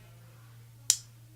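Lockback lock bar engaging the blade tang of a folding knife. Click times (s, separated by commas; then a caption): 0.9 s. The center lock bar of a used Buck 285 Bantam BLW lockback folding knife engages the blade tang as the blade is worked. A single sharp snap at 0.9 s rises over a steady low hum and quickly fades. The lock seats.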